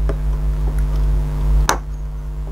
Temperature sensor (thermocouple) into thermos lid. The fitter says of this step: insert it and snap it in place, you